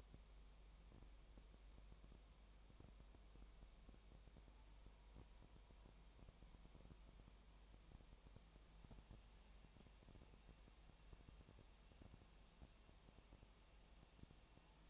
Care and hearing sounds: daily activity, microphone in the room; no activity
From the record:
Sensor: 1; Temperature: 19.4 degrees Celsius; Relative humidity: 35.7%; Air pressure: 1003.3 hPa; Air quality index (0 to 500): 113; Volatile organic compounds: 2 ppm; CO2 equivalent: 1260 ppm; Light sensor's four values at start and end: 1/2/1/1 and 1/2/1/1

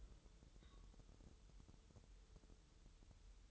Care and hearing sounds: daily activity, microphone in the room; take from stove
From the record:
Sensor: 3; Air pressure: 988.3 hPa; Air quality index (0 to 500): 191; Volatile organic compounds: 266 ppm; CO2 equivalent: 4401 ppm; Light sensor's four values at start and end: 24/75/31/27 and 24/75/32/27

